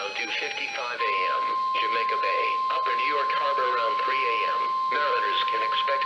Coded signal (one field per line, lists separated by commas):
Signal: Emergency Alert System (SAME) tones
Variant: 1050 Hz attention tone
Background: speech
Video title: EAS #787-788 - 2 Same Special Marine Warnings 7-28-2014